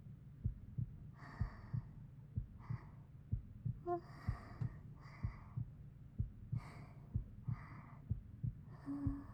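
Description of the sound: Steady, regular heartbeat at about 62 beats a minute, with soft breathy whispers and rustling over it.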